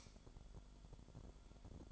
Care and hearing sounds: daily activity, microphone in the room; light off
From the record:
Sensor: 5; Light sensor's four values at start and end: 34/81/33/33 and 34/79/32/32

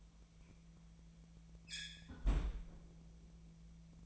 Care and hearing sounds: daily activity, microphone in the room; close fridge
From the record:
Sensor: 1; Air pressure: 1009.8 hPa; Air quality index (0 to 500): 191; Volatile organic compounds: 18 ppm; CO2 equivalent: 2619 ppm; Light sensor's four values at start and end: 33/84/35/43 and 33/84/35/43

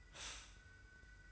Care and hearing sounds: daily activity, microphone in the room; stop toaster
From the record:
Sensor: 2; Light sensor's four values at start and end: 28/66/27/27 and 28/66/27/27

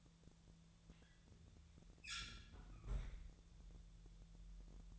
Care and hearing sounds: daily activity, microphone in the room; close fridge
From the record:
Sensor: 3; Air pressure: 1000.0 hPa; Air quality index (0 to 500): 130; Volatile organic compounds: 2 ppm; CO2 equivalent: 1154 ppm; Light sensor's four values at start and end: 39/99/42/46 and 39/99/42/46

